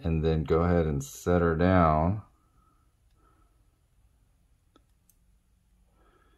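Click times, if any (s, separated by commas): 4.8 s, 5.1 s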